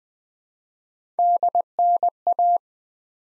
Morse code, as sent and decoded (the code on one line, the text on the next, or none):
-.. -. .-
DNA